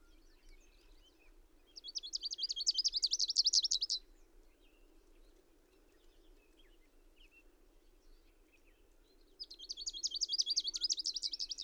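Bird song: two loud, buzzy, rapidly trilled high phrases several seconds apart, with a soft low hum underneath throughout.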